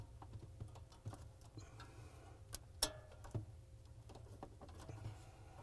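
A Samsung refrigerator temperature sensor (DA32-00006S), with its wires placed between two plastic locking brackets, is slid into its plastic mounting bracket. Soft handling taps and faint ticks lead up to one sharp snap at 2.8 s as the sensor seats in the bracket, followed by quieter handling noise.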